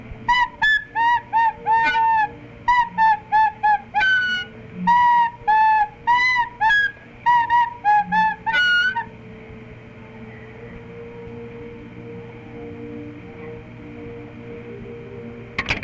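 A simple flute melody of short, clear, fairly high notes in repeated phrases, played alone for about nine seconds before giving way to a low, steady background hum.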